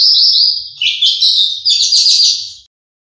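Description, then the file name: Horsfield's bush lark song: a sustained high whistled note breaking into quick chirps before stopping. Individual bird named Mercy, owned by Om Donny; kept bird. "audio branjangan mercy milik om donny marga omkicau com"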